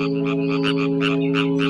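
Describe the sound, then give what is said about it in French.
Frogs croak in a steady, rapid rhythm, about five raspy pulses layered over a constant low, buzzing drone, loud and continuous with no voices. “Habillé avec ces caleçons étanches, ces grenouilles mâles ont cessé de féconder les œufs.”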